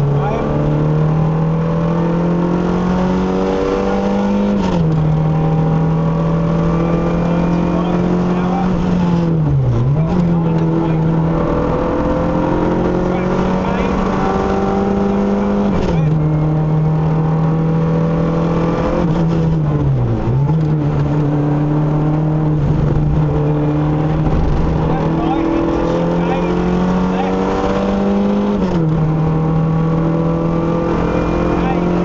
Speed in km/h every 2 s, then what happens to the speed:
84, 97, 103, 113, 82, 84, 92, 97, 103, 82, 72, 74, 84, 97, 105, 113.
0-5 speeds up to 113. 5-8 brakes to 82. 8-17 speeds up to 103. 17-20 brakes to 72. 20-32 speeds up to 113.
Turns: 8-14.